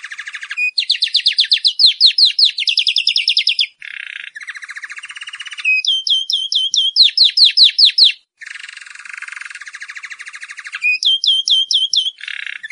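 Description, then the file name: Canary singing fast rolling trills and strings of sharp repeated chirps, alternating high and lower buzzy phrases with brief pauses between tours. "Canary_bird"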